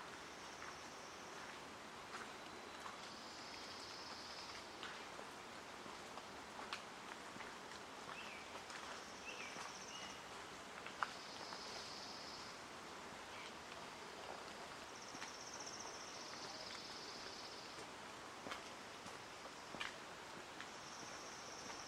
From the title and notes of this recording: Hoyt Arboretum in Portland Oregon. A field recording only.